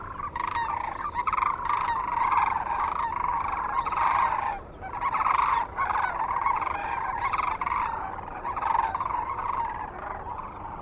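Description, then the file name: Sandhill cranes give a dense, continuous chorus of rolling, croaking bugles, many birds overlapping with a brief lull near the middle. Kearney, Nebraska, 9 March 2004. "2004-03-09 SACRandmore C Kearney NE"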